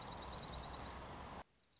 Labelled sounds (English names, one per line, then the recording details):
Dark-eyed Junco
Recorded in Sonoma County, California